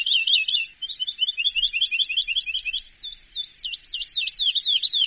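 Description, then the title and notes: Bird song in a continuous high, rapid stream of chattering trills, ending in a run of quick looping whistled notes. "Bird Sound. Kicau Burung Lengkap"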